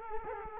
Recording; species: mosquito wingbeat signal from an infrared sensor; Culex quinquefasciatus